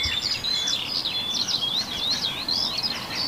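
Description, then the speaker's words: Common sandpiper giving high, thin, rapidly repeated piping notes in a continuous trilling run, with steady outdoor background noise. Heard during an early-morning live bird concert broadcast. "Ja nyt kuuluu Rantasipi."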